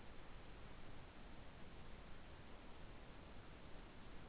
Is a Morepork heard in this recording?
no